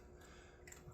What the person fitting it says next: Very positive click.